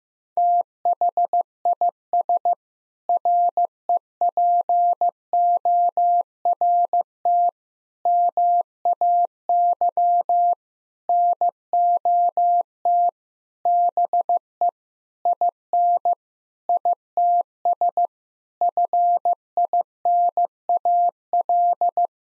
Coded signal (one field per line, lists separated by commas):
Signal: Morse code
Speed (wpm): 15 wpm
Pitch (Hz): 700 Hz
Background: none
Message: THIS REPORT MAY NOT BE IN ITS FINAL